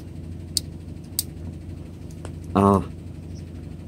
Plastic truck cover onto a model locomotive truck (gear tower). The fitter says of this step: I love that snap sound when it snaps in place it means we got us